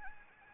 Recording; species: mosquito wingbeat signal from an infrared sensor; Anopheles gambiae